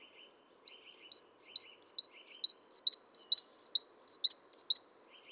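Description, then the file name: Great tit calling a clear two-note phrase, high then slightly lower, repeated about ten times in quick even rhythm, with short lower buzzy chattering notes between phrases. "Parus major"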